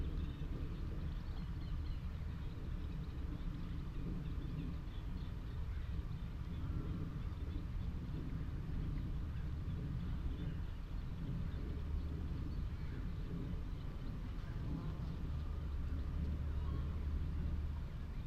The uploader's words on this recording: Out in the wide open on Higham Marshes in Kent on a warm May afternoon. The sound scene of the Higham Marshes nature reserve from a little hawthorn tree in full scented blossom. Giant operating container ports rumble on the same horizon.